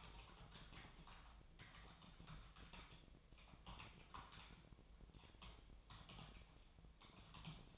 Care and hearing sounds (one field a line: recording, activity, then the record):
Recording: daily activity, microphone in the room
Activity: typing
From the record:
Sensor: 1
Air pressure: 999.2 hPa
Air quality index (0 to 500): 209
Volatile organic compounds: 51 ppm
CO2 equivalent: 3309 ppm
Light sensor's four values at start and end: 9/22/8/9 and 9/22/8/9